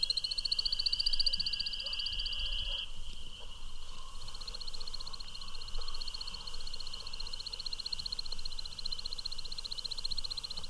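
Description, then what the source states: American woodcock twittering in a fast pulsed series over a continuous shrill chorus of spring peepers. Eastern United States and Canada; at dusk in April and May amid spring peepers; wing whistling and twittering as the bird takes off and circles overhead in courtship flight.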